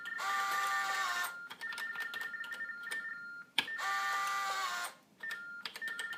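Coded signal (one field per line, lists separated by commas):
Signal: modem data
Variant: TDD/TTY Baudot, 45.45 baud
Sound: quick warbling alternation between two tones, mixed with clattering printer and clicking keys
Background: printer and keyboard clatter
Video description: The device uses baudot tones to communicate with other TDD devices using an acoustic couple and telephone handset. You can hear the keyboard, tones and a small printer.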